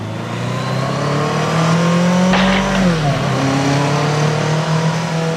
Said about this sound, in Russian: И когда сзади взревел мотоцикл, и сразу хлопнула и ударила в спину,